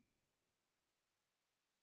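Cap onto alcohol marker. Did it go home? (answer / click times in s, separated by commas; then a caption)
no / none. A cap is being handled near an alcohol blending marker, about to be pushed back on until it clicks so the marker is sealed from the air. Only a faint, brief soft sound at the very start is heard, followed by steady quiet low background noise. Nothing has seated or clicked yet.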